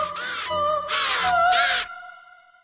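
Ravens pecking at a dead body on snow-covered ground give three loud, harsh, raspy caws in quick succession, the second and third longest, followed by a fading ringing tone.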